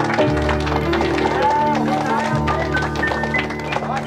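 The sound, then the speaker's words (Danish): A brief brassy orchestral fanfare (a 'tusch') with sustained chords rings out over a dense, steady clatter of enthusiastic clapping for the full few seconds, greeting a pretend prima donna as she enters the stage. “Vi leger, at hun er primadonna, og når hun kommer ind på scenen, så får vi en tus fra orkestret, og alle klapper begejstret.”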